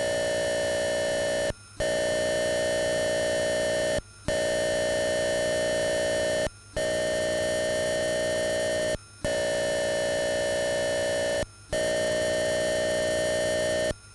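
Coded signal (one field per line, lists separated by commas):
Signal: computer data on cassette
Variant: Atari 8-bit cassette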